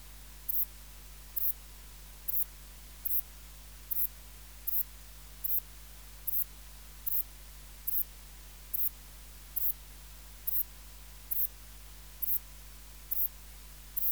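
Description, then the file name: Saddle-backed bush-cricket chirping, brief raspy high bursts at an even pace, around seventeen chirps, with a constant low hum beneath. "Ephippiger cruciger"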